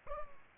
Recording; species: mosquito wingbeat signal from an infrared sensor; Culex pipiens